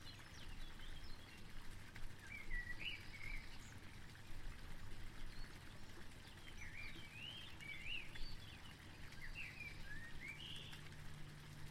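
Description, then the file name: Birds twittering with repeated slurred chirps scattered across the recording, over a constant roar of flowing water. Birds recorded together with water sounds. "Vogel und Wasser"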